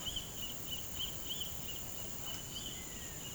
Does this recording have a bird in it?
yes